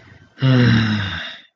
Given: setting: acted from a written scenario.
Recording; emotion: vocal sound without words; shame